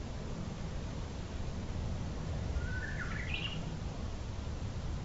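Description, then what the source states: Japanese bush warbler song, one phrase of a held whistle breaking into a quick rising flourish, heard over a steady low rumble. Recorded in spring, dated 070326.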